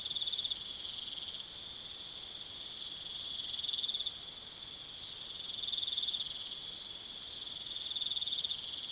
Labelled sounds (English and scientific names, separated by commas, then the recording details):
none
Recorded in pastures near Puerto Asís, Putumayo, Colombia, on 29 June 2025 at 22:00
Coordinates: 0.486, -76.323
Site H29